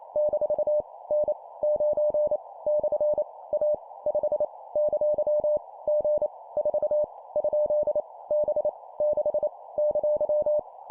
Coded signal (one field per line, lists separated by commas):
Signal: Morse code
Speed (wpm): 28 wpm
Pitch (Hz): 600 Hz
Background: none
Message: - N 9 / A 5 ! G 4 ? B 6 !